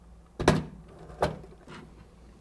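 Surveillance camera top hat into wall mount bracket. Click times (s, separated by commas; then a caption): 0.5 s. A surveillance camera hanging from the wall mount's strain-relief wire is lifted, the three screw heads on its top hat are lined up with the holes in the wall mount bracket, and it is rotated to the right. A sharp click at 0.5 s marks the camera twist-locking into the mount, followed by a second sharp knock at 1.2 s and a softer rattle around 1.7 s. The camera is seated in the mount.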